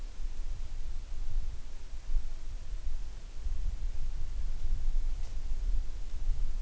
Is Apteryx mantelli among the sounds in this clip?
no